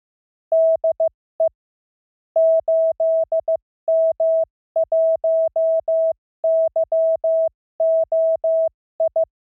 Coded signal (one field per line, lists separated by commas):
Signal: Morse code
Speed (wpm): 15 wpm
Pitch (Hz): 650 Hz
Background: none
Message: DE 8M1YOI